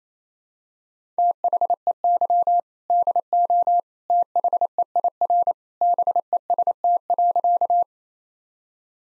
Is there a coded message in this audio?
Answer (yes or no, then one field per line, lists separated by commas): yes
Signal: Morse code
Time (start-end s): 1.2-7.8 s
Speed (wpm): 28 wpm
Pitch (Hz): 700 Hz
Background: none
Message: THEY DO THEIR BEST.